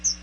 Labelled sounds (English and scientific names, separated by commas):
Chestnut-sided Warbler (Setophaga pensylvanica) flight call